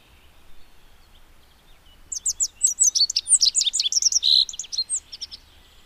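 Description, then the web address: Rock bunting song: after a near-silent start, a fast, high jingle of sharp, slurred chirps runs for nearly three seconds. "agykontroll Madardalok Cd 2. Bajszos sármány"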